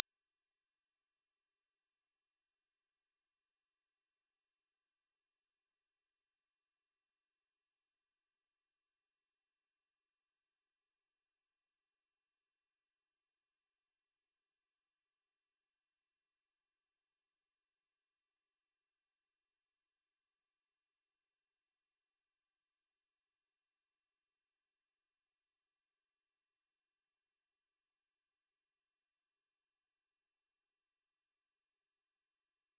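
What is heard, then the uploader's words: A pure sine tone at 5840 Hz holds perfectly steady for the whole clip, a thin, bright, piercing whistle. Its loudness never changes, and there are no other sounds, no background noise and no breaks. 5840 Hz 1 Hz Interval Sine Pure Tone Frequency 441000 Sample Mono.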